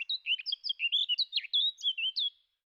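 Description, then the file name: Eurasian blackcap singing a short, rich warble of quick liquid whistled notes, varied and slurred, ending cleanly after about two and a half seconds. "Zwartkop"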